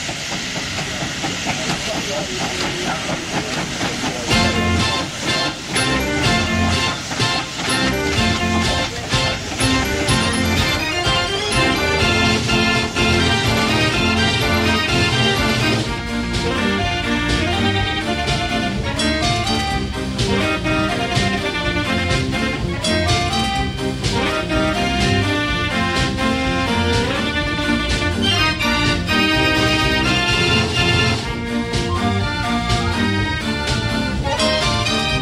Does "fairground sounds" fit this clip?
yes